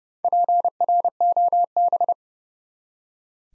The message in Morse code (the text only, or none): PROB